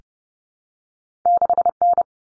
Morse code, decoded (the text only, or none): 6N